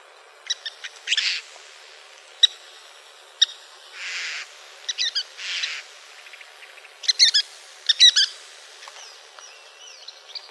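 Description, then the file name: Western kingbird calls: sharp high kip notes and short stuttering chattered bursts, given irregularly. Calls, recorded in Arizona. "WEKI CALLS deviche"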